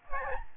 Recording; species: mosquito wingbeat signal from an infrared sensor; Aedes albopictus